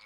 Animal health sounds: pig call; piglet (1 to 25 days)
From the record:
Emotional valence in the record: positive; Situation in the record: reunion after long isolation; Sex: male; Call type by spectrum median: high-frequency call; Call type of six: low-frequency tonal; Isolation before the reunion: 8 minutes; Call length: 0.07 s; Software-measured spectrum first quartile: 2010 Hz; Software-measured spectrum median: 2571 Hz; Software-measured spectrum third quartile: 4270 Hz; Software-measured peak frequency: 2195 Hz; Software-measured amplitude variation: 24 dB a second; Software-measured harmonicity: 2.5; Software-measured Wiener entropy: -1.24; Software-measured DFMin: 945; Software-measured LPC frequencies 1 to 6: 1123, 2235, 3867, 4434, 4983, 6740 Hz

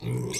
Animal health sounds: pig call; weaner (32 to 43 days)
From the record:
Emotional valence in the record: negative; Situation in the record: novel object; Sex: female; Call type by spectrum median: low-frequency call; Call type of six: high-frequency modulated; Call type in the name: high-frequency modulated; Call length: 0.39 s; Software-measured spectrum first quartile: 193 Hz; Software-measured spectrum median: 936 Hz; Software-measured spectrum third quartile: 5593 Hz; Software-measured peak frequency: 407 Hz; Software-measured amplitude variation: 120 dB a second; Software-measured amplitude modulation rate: 33.0 a second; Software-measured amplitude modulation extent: 3.6 dB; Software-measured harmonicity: 7.1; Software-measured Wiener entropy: -4.68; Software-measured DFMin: 1088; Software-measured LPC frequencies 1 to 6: 276, 2186, 2705, 3620, 4370, 5222 Hz

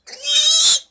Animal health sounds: pig call; piglet (1 to 25 days)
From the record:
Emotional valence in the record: negative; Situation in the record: restrain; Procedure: back test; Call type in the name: high-frequency call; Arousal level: maximum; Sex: male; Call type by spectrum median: high-frequency call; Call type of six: high-frequency stable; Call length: 0.91 s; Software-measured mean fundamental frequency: 237 Hz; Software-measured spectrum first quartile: 3896 Hz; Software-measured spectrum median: 5717 Hz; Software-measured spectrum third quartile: 7992 Hz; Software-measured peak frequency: 3756 Hz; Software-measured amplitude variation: 171 dB a second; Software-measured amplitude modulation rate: 16.5 a second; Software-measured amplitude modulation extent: 10.4 dB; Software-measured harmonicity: 8.6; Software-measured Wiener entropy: -2.39

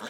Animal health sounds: pig call; piglet (1 to 25 days)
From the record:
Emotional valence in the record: negative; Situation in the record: fighting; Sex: male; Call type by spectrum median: low-frequency call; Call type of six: low-frequency tonal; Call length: 0.10 s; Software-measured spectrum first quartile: 613 Hz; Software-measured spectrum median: 1351 Hz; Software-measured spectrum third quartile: 2650 Hz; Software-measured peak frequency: 229 Hz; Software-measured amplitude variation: 59 dB a second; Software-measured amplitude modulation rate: 14.5 a second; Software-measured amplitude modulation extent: 4.1 dB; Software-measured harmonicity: -0.7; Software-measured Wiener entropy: -1.11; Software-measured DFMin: 1016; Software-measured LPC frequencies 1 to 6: 631, 1537, 3387, 3803, 5524, 6139 Hz

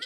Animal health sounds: pig call; piglet (1 to 25 days)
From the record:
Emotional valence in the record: negative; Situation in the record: short isolation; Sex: male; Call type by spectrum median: high-frequency call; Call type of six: low-frequency tonal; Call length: 0.06 s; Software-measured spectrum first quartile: 2606 Hz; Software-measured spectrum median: 3318 Hz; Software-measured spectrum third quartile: 4334 Hz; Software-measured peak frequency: 3170 Hz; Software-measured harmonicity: 3.3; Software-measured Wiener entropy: -2.00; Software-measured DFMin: 948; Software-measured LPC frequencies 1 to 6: 1441, 1983, 3186, 3867, 4703, 5099 Hz

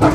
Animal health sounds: pig call; growing-finishing pig (85 days or more)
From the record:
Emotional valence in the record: positive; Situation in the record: run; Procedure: transit

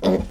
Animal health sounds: pig call; piglet (1 to 25 days)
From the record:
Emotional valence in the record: negative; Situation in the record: crushing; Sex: male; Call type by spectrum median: low-frequency call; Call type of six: low-frequency stable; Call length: 0.31 s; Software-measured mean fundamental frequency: 62 Hz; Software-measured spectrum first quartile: 221 Hz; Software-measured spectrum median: 399 Hz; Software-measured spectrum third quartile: 666 Hz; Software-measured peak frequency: 199 Hz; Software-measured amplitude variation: 174 dB a second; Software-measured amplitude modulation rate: 17.5 a second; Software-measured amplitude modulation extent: 9.9 dB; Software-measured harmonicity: 1.5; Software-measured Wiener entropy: -0.93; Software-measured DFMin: 1515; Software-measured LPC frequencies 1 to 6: 469, 1988, 3522, 4932, 5946, 7036 Hz

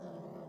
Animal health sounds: pig call; piglet (1 to 25 days)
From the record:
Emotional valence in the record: negative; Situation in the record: long isolation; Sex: male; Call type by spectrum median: low-frequency call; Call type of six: low-frequency modulated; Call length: 0.48 s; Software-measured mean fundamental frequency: 58 Hz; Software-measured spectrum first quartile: 231 Hz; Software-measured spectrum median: 411 Hz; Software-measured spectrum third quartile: 647 Hz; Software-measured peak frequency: 180 Hz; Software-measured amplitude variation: 112 dB a second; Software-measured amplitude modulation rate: 24.7 a second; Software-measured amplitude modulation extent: 4.5 dB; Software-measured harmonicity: 1.8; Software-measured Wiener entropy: 0.27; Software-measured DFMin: 1450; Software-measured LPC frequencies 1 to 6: 550, 3250, 3855, 4904, 5717, 7089 Hz

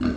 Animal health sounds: pig call; growing-finishing pig (85 days or more)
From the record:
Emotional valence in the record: negative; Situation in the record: barren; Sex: male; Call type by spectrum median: low-frequency call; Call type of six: low-frequency modulated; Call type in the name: low-frequency modulated, not sure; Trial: 2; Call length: 0.17 s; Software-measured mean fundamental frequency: 49 Hz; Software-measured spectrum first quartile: 213 Hz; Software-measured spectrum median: 291 Hz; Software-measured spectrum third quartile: 692 Hz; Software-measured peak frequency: 247 Hz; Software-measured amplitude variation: 150 dB a second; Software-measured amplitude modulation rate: 26.2 a second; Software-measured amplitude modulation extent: 5.7 dB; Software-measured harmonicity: 2.4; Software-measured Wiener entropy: -1.23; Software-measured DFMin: 828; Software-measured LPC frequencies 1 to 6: 281, 1376, 2699, 4340, 5294, 6636 Hz

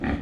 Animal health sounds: pig call; growing-finishing pig (85 days or more)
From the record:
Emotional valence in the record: negative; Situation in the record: barren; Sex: female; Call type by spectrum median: low-frequency call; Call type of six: low-frequency stable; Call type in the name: low-frequency stable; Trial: 1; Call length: 0.21 s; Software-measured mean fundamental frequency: 63 Hz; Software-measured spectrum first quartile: 193 Hz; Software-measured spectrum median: 360 Hz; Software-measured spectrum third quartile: 1193 Hz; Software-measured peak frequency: 243 Hz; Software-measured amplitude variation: 142 dB a second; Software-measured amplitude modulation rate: 18.8 a second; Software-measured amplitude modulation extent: 7.6 dB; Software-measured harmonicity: 0.2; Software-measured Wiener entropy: -1.64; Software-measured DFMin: 1001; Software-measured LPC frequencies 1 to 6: 1813, 2343, 3334, 4317, 6154, 7425 Hz

